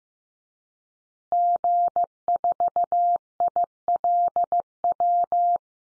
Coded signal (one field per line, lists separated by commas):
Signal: Morse code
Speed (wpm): 15 wpm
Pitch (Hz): 700 Hz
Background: none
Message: G4ILW